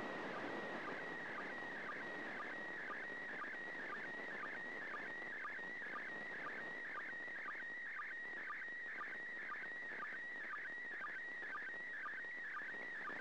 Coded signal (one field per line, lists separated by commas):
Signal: SSTV (slow-scan television)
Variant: PD 120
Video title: 29th Third Pass. Slow Scan Television (SSTV) images transmitted from the International Space Station